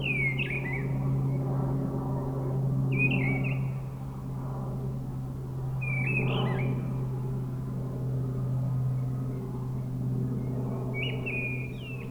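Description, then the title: Mistle Thrush song: four short, clear, fluted phrases, each with a quick twist, over a constant low mechanical hum. Forest edge at Brison-Saint-Innocent, France; bird singing high at a treetop; Sunday; grey weather, 10°; frequent aircraft from a nearby airport. "Brison-Saint-Innocent, France - Grive draine"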